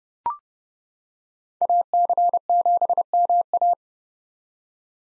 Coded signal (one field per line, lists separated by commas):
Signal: Morse code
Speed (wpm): 31 wpm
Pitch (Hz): 700 Hz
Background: none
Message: AC7MA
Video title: 2023 SOTA Chaser Call Signs - 30wpm